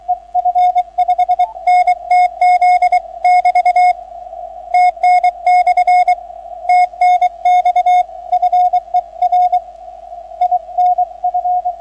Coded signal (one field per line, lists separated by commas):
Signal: Morse code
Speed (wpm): 24 wpm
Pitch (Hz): 690 Hz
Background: radio noise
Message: E F5NTZ <BT> TN/ TNX FER INF